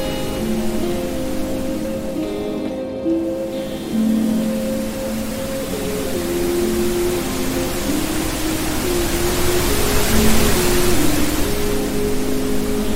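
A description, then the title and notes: Soft piano plays slow, sustained notes in a low-middle register, changing every second or two. A steady hiss of flowing water runs underneath throughout and grows brighter and louder over the last few seconds. Ocean Gentle Murmur. Immerse yourself in the dreamy mixes of relaxing piano music combined with the soothing sounds of a soft water stream. A soothing soundscape featuring the gentle rising and falling of a waterfall.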